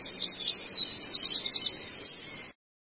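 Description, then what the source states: Long-tailed shrike song, a fast scratchy chatter of high twittering notes, briefly louder midway, then fading before stopping abruptly. Masteran recording of song used to train cage birds.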